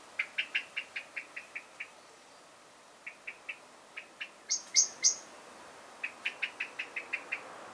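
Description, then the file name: Common blackbird giving repeated hard chink notes in quick series, pausing, then a few louder, sharper chinks before another rapid run of chinks. "Turdus merula"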